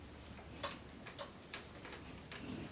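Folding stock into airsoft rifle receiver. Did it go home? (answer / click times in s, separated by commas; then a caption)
no / none. The retractable folding stock of a TSD Tactical SD36KV Gen.II airsoft rifle is being folded closed toward the receiver, with the battery wires tucked inside the stock. A series of light ticking clicks sounds at about 0.6, 1.2, 1.5 and 2.3 seconds over a quiet background. The stock has not locked into place yet; nothing has seated or clicked home.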